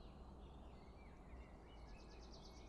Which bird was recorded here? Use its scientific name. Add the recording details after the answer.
Turdus merula. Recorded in Germany. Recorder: ecoPi